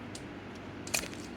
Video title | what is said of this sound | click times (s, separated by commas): Transformers Studio Series 86 (#29) Deluxe Bumblebee Figure - Rodimusbill Review | oops all right and now it's clicked in so what you want to do | 0.9 s